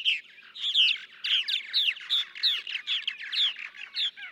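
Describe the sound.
Purple martin song, a steady run of liquid, creaky chirps and gurgles in quick succession throughout.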